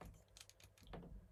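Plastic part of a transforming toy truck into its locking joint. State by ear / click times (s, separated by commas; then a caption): not seated / none. A plastic part of a transforming toy truck is handled near its locking joint, with light clicking and rattling plastic contacts, including a brief sharper tap around 0.4 s. Nothing has seated or clicked into place yet.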